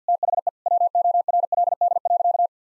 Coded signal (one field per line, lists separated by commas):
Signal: Morse code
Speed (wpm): 50 wpm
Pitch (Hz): 700 Hz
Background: none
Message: THE WORLD.